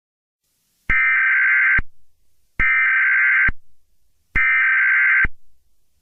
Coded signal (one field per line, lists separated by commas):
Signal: Emergency Alert System (SAME) tones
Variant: header bursts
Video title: The Dog!: An EAS Scenario